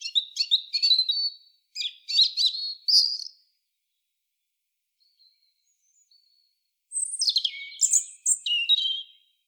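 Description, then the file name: European robin song: two short bursts of high, jingling, varied notes, a long quiet pause, then another sparkling warbled phrase with sliding whistles. "Erithacus rubecula"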